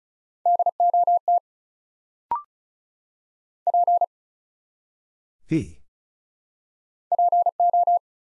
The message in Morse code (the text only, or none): DOT P PO